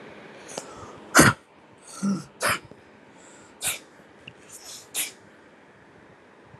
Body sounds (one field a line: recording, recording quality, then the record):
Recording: heavy voluntary cough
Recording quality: poor, much background noise or distortion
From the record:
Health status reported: healthy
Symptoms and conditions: none ticked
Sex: male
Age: 59 years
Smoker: not ticked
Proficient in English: yes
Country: India